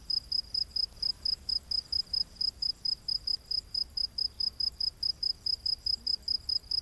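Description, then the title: Cricket giving rapid, regular high chirps, while a softer high-pitched insect chorus pulses behind it. Diverse crickets chorusing at night in humid, lush rainforest. "Crickets of the Rainforest 🌿. Exotic Insect Orchestra"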